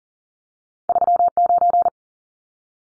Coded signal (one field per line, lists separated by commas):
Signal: Morse code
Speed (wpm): 40 wpm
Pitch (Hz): 700 Hz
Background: none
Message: 39